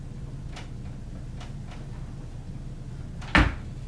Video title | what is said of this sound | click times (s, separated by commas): The Original ScrapBox DreamBox Review | you'll hear it kind of clicks into place | 3.4 s